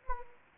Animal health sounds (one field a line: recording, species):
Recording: mosquito wingbeat signal from an infrared sensor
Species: Anopheles gambiae